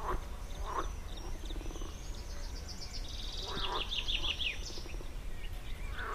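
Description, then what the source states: Frogs giving rasping croaks at intervals, while a bird sings a bright twittering phrase over steady low background noise. Frog chorus.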